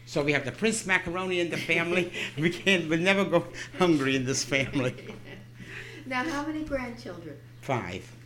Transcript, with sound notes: So we have the Prince Macaroni in the family. We'll never go hungry in this family. ( she laughs )
Now, how many grandchildren?
Five.